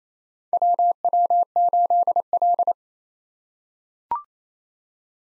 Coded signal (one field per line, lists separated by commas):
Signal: Morse code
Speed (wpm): 28 wpm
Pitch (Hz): 700 Hz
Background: none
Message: WW8L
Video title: 2023 POTA Activator Call Signs - 28wpm